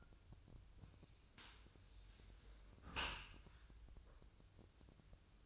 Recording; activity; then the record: daily activity, microphone in the room; close dishwasher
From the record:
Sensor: 2